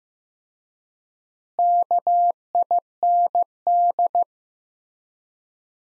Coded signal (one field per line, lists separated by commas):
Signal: Morse code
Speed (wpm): 15 wpm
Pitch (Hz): 700 Hz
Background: none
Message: KIND